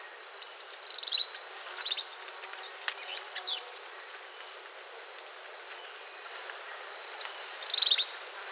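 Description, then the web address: Bird calls and song, clear high whistles that fall in pitch, two close together and another several seconds later, with fainter chirps and a steady background hiss. Costa Rican cloud forest birds; song and call. "Birds of the Costa Rican Cloud Forest Song and call"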